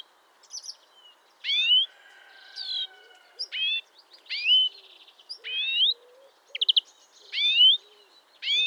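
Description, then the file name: European greenfinch calls: upslurred tweets, short rattling trills and a drawn-out nasal note at irregular intervals. "Chloris chloris"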